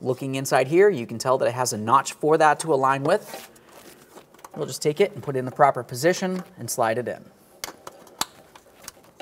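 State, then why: Seated. Someone talks while the white plastic section of the ABS sensor wire on a 2003-2007 Honda Accord is lined up by its tab with the notch and slid into the retainer holder on the suspension bracket. Sharp clicks at 7.6 s and 8.2 s mark the grommet clips snapping in and seating in the bracket, followed by a few softer taps.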